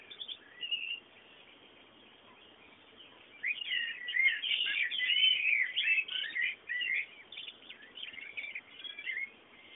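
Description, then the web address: Bird: a few soft chirps, a quiet stretch, then a dense burst of twittering bird song that gradually thins out. Background bird sounds. "bullas Bullasdata sounds fondo pajaros"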